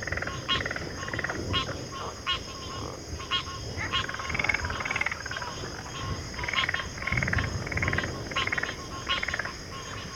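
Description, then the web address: Crickets in a constant high-pitched chorus, with frogs croaking in dense bursts. Chorus of crickets at a backwater. "WLL Grade 1-12 Pre-Uni Library Natures Songs Sleep Sounds of Nature CRICKETS Backwater Chorus"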